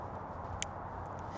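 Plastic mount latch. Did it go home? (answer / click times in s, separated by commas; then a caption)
yes / 0.6 s. An SJCAM SJ30 action camera is attached horizontally to its magnetic quick-release mount, which also has a physical lock. One sharp, bright click at 0.6 s stands out over a steady low background hum. The camera seats and locks into the mount, though only one click from the two ends is heard.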